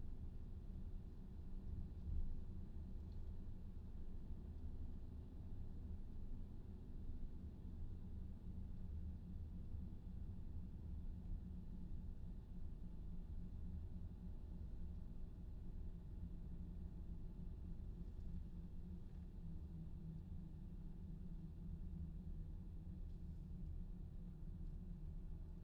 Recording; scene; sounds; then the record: everyday scene through a hearing-aid microphone; in a vehicle; engine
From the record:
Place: VW T5 Caravelle, diesel engine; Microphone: in the ear canal, left